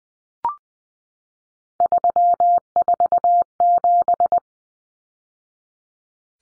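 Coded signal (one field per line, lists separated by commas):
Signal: Morse code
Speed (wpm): 20 wpm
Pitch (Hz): 700 Hz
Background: none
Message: 347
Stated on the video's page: Three-digit numbers in Morse at 20 wpm, each sent twice for head-copy practice.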